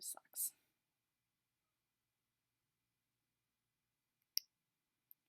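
Someone talks in a low voice at the start, then an injector pen held at the injection site gives a loud, sharp end-of-dose click at 4.4 s as it finishes delivering the dose, followed by a faint tick near 5.1 s. The dose has completed.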